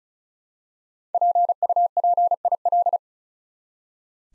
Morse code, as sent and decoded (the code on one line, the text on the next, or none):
.--. ..- .--. .. .-..
PUPIL